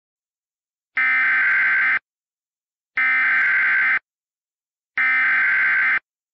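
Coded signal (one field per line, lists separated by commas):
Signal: Emergency Alert System (SAME) tones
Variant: header bursts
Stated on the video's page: Fictional hurricane EAS scenario with valid EAS tones.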